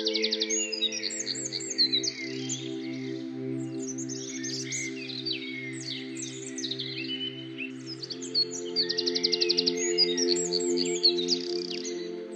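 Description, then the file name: Bird: several bird voices chirp and trill in overlapping bursts, with rapid repeated notes near the end, all over a constant low humming tone. Birdsong used as an alarm tone. "halytysaani linnunlaulu"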